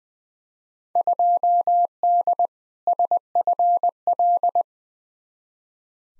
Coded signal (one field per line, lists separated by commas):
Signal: Morse code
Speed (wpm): 21 wpm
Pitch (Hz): 700 Hz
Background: none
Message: 2D SFL